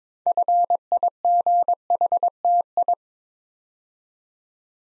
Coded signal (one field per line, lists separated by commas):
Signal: Morse code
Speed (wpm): 22 wpm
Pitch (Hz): 700 Hz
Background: none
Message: FIGHTI